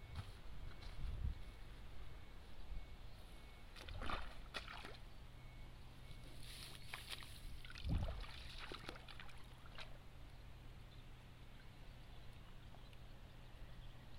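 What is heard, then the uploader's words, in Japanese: Rice seedlings are being pulled from a flooded nursery bed and bundled with straw. Soft splashes and rustles come in bursts, with stronger ones near one, four and eight seconds, over a steady low hum and quiet hiss. 水苗代でイネの苗取り。水苗代で、イネの苗とりしています。苗を１本ずつ抜いて、まとめてワラで束にして、、束をたくさん作っていきます。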